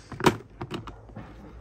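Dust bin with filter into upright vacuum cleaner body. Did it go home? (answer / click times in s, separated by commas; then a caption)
yes / 0.3 s. The plastic dust bin assembly of a Eureka Powerspeed upright vacuum cleaner, with its filter put back in and lid closed, is pushed back onto the upright vacuum body. A loud, sharp click at 0.3 s seats it in place, followed by several softer plastic knocks around 0.6, 0.7 and 0.9 s. The dust bin is seated firmly back on the vacuum body.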